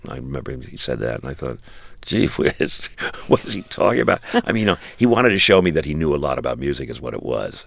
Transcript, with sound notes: I remember he said that. And I thought, gee-whiz, what is he talking about?
(LAUGHTER)
I mean, you know, he wanted to show me that he knew a lot about music, is what it was.